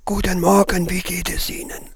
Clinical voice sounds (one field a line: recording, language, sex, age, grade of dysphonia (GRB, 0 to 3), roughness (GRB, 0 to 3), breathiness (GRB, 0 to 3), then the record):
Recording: spoken sentence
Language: German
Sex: male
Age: 60 to 69 years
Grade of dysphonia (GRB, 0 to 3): 3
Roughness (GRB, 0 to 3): 2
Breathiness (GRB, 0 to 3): 3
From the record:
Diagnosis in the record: cordectomy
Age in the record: 67 years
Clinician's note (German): Zustand danach, mit noch unvollständiger Kompensation; logopädische Therapie eingeleitet